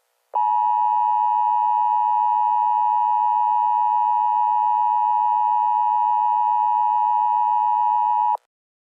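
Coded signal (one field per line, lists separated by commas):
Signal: Emergency Alert System (SAME) tones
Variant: 853 and 960 Hz attention tone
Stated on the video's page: Fictional Illinois weather disaster scenario, not a real alert.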